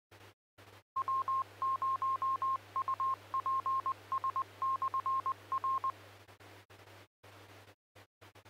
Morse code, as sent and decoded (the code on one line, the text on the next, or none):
.-- ----- ..- .--. ... -..-. .-.
W0UPS/R